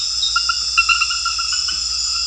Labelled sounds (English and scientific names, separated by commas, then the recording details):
none
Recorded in secondary vegetation near Puerto Asís, Putumayo, Colombia, on 4 March 2025 at 21:00
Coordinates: 0.498, -76.327
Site G001